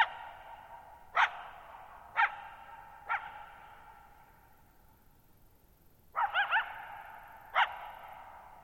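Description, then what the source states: Coyote giving short, clipped barks about a second apart, then a quick wavering cluster and one more bark, each ringing on with a lingering echo. Lone coyote at night, July 14, 2019, Thirtymile Meadows, Okanogan National Forest, Okanogan High Country, Pacific Northwest, 6400 ft (1950 m); high dry plateau, shallow-bowl meadow.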